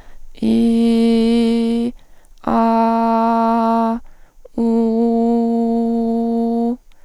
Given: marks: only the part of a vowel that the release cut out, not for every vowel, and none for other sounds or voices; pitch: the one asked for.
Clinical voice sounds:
sustained vowels; female; 30 to 39 years; 1; 1; 0
0.52-1.83 s: vowel /i/, low pitch
2.57-3.89 s: vowel /a/, low pitch
4.73-6.63 s: vowel /u/, low pitch
From the record:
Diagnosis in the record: phonasthenia (vocal fatigue); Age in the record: 36 years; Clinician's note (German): Mit habitueller Mikrophonie

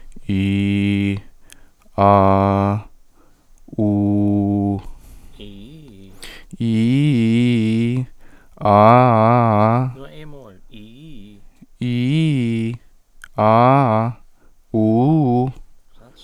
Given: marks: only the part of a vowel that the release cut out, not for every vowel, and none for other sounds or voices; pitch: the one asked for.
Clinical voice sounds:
sustained vowels; male; 20 to 29 years; 0; 0; 0
0.38-1.07 s: vowel /i/, low pitch
2.04-2.71 s: vowel /a/, low pitch
3.86-4.68 s: vowel /u/, low pitch
11.85-12.64 s: vowel /i/, low-high-low pitch
13.46-14.03 s: vowel /a/, low-high-low pitch
14.80-15.43 s: vowel /u/, low-high-low pitch
From the record:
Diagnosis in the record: healthy voice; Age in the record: 21 years

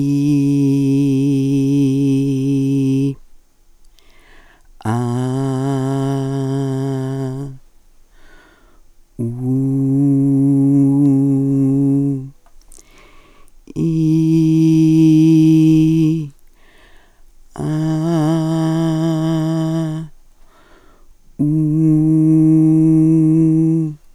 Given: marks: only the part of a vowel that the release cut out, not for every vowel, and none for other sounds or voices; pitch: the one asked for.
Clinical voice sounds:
sustained vowels; female; 60 to 69 years; 2; 2; 2
0.00-1.59 s: vowel /i/, normal pitch
5.16-7.10 s: vowel /a/, normal pitch
10.13-12.00 s: vowel /u/, normal pitch
14.05-16.04 s: vowel /i/, high pitch
17.75-19.75 s: vowel /a/, high pitch
21.90-23.71 s: vowel /u/, high pitch
From the record:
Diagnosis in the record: dysodia (singing voice disorder); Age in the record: 65 years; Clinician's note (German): Dysodie

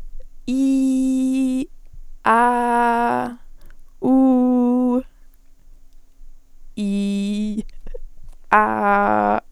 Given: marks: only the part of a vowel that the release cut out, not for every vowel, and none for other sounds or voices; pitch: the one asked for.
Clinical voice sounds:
sustained vowels; female; 18 to 19 years; 0; 0; 0
0.53-1.57 s: vowel /i/, high pitch
2.32-3.18 s: vowel /a/, high pitch
4.11-4.94 s: vowel /u/, high pitch
6.83-7.49 s: vowel /i/, low pitch
8.56-9.31 s: vowel /a/, low pitch
From the record:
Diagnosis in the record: healthy voice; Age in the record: 19 years

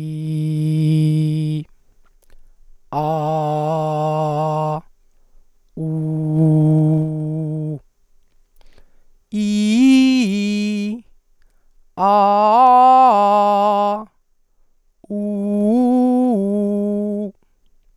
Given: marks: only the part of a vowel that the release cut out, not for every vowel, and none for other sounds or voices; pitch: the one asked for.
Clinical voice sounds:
sustained vowels; female; 30 to 39 years; 2; 0; 0
0.24-1.57 s: vowel /i/, low pitch
3.05-4.70 s: vowel /a/, low pitch
5.87-7.67 s: vowel /u/, low pitch
9.41-10.86 s: vowel /i/, low-high-low pitch
12.06-13.90 s: vowel /a/, low-high-low pitch
15.20-17.14 s: vowel /u/, low-high-low pitch
From the record:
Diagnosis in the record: hyperfunctional dysphonia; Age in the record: 39 years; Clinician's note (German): Ausgebildete Gesangsstimme

